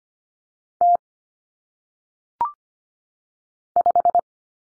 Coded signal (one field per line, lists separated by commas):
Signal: Morse code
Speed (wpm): 25 wpm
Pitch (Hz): 700 Hz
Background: none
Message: T 5